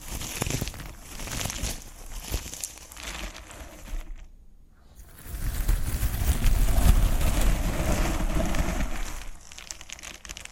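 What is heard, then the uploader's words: Cork being handled and rubbed, with dense, scratchy rustling and creaking that stays busy for the first four seconds. A brief near-silence falls around the four-to-five second mark, then the handling returns louder and rougher, with low thumps and grinding, before easing toward the end. ASMR Cork Triggers. (No Talking).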